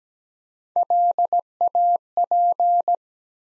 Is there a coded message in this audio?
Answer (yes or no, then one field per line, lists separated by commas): yes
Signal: Morse code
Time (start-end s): 0.8-3.0 s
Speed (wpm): 17 wpm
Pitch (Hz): 700 Hz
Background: none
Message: LAP